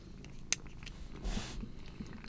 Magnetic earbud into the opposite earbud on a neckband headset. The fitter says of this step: and you're just going to lock into place.